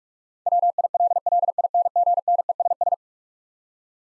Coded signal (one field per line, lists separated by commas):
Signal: Morse code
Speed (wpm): 46 wpm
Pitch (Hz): 700 Hz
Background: none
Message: WILLINGNESS